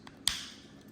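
The metal valet key blade is pushed back into its slot in a Porsche 911 992-generation key fob. After a faint tick near the start, a sharp, bright click at 0.3 s rings briefly and fades. The blade clicks into place and is seated.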